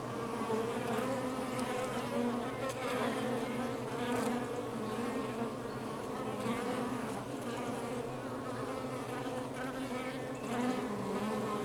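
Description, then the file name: Honey bees humming continuously, a thick layered drone of many wings. Outside the hive. "Ruche Exterieur"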